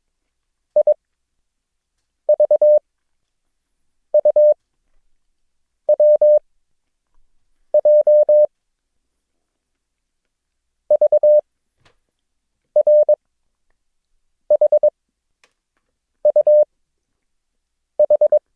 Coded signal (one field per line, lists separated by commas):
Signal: Morse code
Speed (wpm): 22 wpm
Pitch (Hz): 600 Hz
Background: none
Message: IVUWJ VRHUH